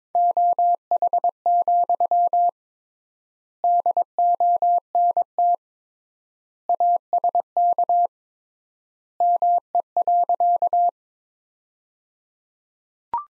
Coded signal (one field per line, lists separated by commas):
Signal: Morse code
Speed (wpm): 23 wpm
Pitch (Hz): 700 Hz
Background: none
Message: OH, DONT ASK ME.